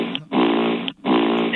She fell asleep on the phone, and she was snoring.